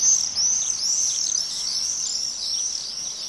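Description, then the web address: Common swift screaming calls, shrill high buzzy screams that overlap continuously and rise and fall in quick succession, several birds calling together. "Bird Song Site Swift - Martinet"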